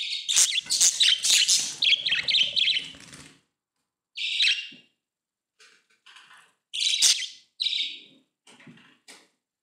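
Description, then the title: Budgerigar giving bursts of scratchy warbled chirps and chatter, with short pauses between groups of notes. "Budgie Sounds"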